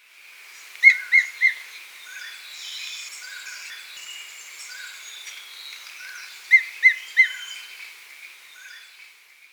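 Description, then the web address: Smoky bush-tyrant uttering three loud, sharp notes, repeated once after a long gap, over a background of softer notes. Ecuador. "Birds of Ecuador 3. Smoky Bush-Tyrant"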